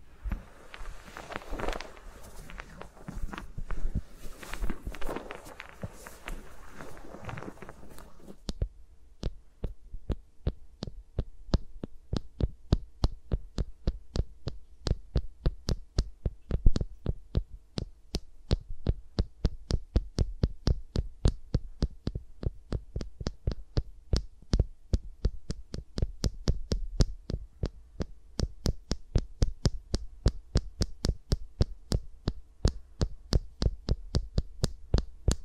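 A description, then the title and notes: Close fingers rub and rustle against a microphone for eight seconds, then switch to rapid, crisp tapping clicks over a faint low hum. ASMR with Mics Around My Fingers (No Talking).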